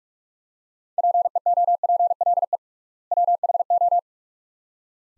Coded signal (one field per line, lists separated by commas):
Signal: Morse code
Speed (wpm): 45 wpm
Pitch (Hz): 700 Hz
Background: none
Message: PEOPLE WHO